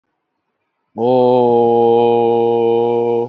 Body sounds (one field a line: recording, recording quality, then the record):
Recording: sustained vowel as in boot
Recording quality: excellent, no background noise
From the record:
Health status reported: healthy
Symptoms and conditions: none ticked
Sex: male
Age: 57 years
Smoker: not ticked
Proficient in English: yes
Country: India